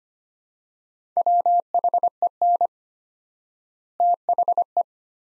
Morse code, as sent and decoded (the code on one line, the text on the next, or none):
.-- .... . -. / - .... .
WHEN THE